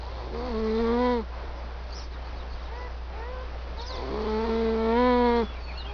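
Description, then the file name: Eurasian beaver whining calls: two long, drawn-out harmonic whines, each slightly rising then level, with faint short whimpers between them over a steady low hum. "bober"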